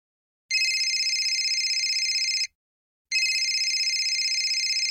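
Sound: telephone ringing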